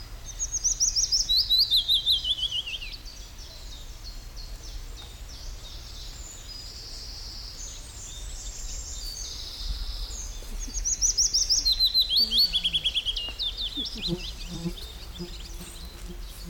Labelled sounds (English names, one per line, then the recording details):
Willow Warbler
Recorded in the wild
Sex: male
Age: adult
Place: Kremmen, Brandenburg, DE
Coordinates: 52.76, 13.03
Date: 1995-06-03 14:38
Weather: heiter, 18°C
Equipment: Marantz CP 430, Sennheiser ME 80, Kopie Uher 4000 Report Monitor
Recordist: Tembrock, Günter